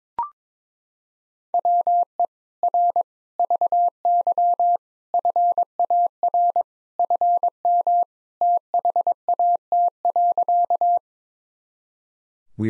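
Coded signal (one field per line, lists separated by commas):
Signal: Morse code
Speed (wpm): 22 wpm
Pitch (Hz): 700 Hz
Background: none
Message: WE R VY FAR FM THAT.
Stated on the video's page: Morse practice sentences from the top 300 words and abbreviations at 22 wpm, each sent, then spoken, then sent again, for head-copy.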